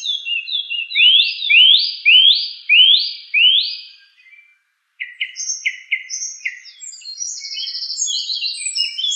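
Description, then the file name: Song thrush delivering a loud swooping phrase repeated several times, then after a short gap a quick series of clipped repeated notes and high squeaky twitters. "suara kicauan burung song thrush. omkicau"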